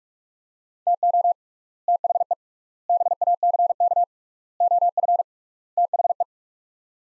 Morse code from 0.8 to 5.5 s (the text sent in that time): TO THE BACK OF